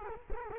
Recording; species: mosquito wingbeat signal from an infrared sensor; Culex quinquefasciatus